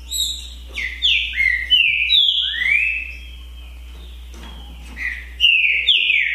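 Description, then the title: Green-winged saltator song: loud, clear whistled phrases that slur down and up, delivered in quick bursts with a quiet gap midway and a steady low hum underneath. Song contest (disputa) between two trinca-ferros, Naval versus Demolidor, 2022 season; birds calling, singing and 'macheando' in the dispute. "TRINCA Piando, Cantando E Macheando Na DISPUTA. DISPUTA DE TRINCA FERRO NAVAL VS DEMOLIDOR 2022 TEMPORADA 2022"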